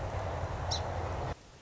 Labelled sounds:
Song Sparrow (Melospiza melodia)
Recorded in Sonoma County, California

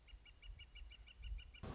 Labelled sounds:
Northern Flicker (Colaptes auratus)
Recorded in Sonoma County, California

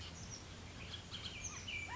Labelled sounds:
Bullock's Oriole (Icterus bullockii)
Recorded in Sonoma County, California

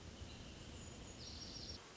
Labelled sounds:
Wrentit (Chamaea fasciata)
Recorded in Sonoma County, California

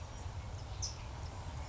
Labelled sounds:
California Towhee (Melozone crissalis)
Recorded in Sonoma County, California

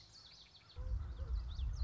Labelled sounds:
Common Yellowthroat (Geothlypis trichas)
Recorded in Sonoma County, California

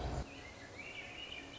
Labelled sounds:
Swainson's Thrush (Catharus ustulatus)
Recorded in Sonoma County, California

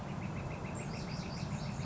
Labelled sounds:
Northern Flicker (Colaptes auratus)
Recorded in Sonoma County, California

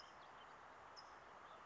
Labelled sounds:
California Towhee (Melozone crissalis)
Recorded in Sonoma County, California

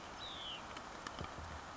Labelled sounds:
Hutton's Vireo (Vireo huttoni)
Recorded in Sonoma County, California

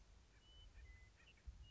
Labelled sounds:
Western Meadowlark (Sturnella neglecta)
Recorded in Sonoma County, California

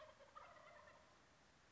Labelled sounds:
Wild Turkey (Meleagris gallopavo)
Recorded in Sonoma County, California

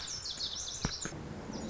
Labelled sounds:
Lazuli Bunting (Passerina amoena)
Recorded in Sonoma County, California

